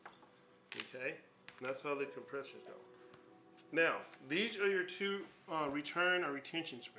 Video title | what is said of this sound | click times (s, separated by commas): How to pack Rear bearings with grease and do brake job on Porsche 996 Turbo 2nd Half of Part 1 of 3 | just push it all the way in and then push it and it'll snap into place and it'll | 0.7 s